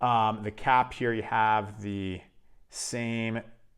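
Someone talks while handling the cap, which has the Giorgio Armani logo on top, for an Acqua di Gio Parfum spray bottle before putting it back on. Nothing has seated or clicked yet; the clip ends before the cap goes home.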